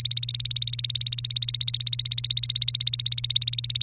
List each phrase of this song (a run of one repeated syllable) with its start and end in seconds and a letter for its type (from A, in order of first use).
0.00-3.83 A